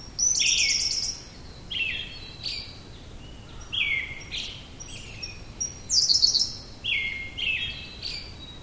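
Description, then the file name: Siberian blue robin delivering repeated rattling song phrases, some lower and some higher-pitched, separated by short pauses and faint high piping notes. "koruri"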